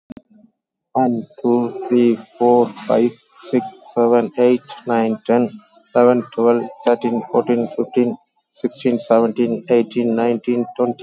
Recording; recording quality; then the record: counting at a normal pace; excellent, no background noise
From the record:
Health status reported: COVID-19 positive, moderate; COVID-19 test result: positive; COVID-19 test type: RT-PCR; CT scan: taken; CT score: 13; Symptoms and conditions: cough, cold, breathing difficulty, sore throat, fatigue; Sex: male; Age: 48 years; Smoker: no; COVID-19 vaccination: none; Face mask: worn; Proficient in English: yes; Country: India